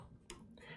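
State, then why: Partly seated. A stamped metal rear I/O shield is pressed into the rear cutout of a Vetroo K1 tube gaming computer case, and its top edge snaps in with a single sharp click at 0.3 s. The bottom edge will not snap, so the shield stays loose and falls right out, because the cutout is a little too wide.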